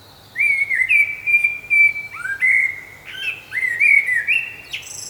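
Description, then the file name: Common blackbird singing almost nonstop, a flowing series of low fluty whistles with short rising slurs and a high thin note at the close. "Turdus merula"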